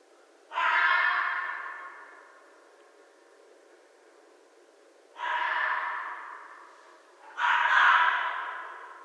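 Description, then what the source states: Red fox calling three times, each a rasping, breathy scream lasting over a second, with a long quiet gap after the first and a shorter one before the last. 11 January 2012.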